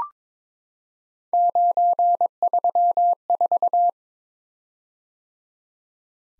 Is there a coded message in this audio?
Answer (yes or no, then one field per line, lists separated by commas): yes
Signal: Morse code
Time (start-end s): 1.3-3.9 s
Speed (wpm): 22 wpm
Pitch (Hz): 700 Hz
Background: none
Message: 934